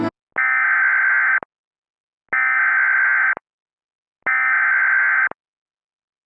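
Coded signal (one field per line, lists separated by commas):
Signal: Emergency Alert System (SAME) tones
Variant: header bursts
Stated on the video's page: Reenactment mock of a severe thunderstorm warning with valid EAS tones, made with edited headers and audio editing.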